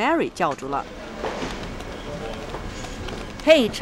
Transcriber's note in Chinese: Office ambience